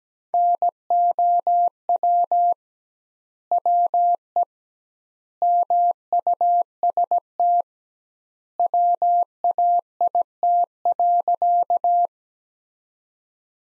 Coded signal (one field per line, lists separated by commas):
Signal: Morse code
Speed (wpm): 17 wpm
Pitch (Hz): 700 Hz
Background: none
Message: NOW WE MUST WAIT.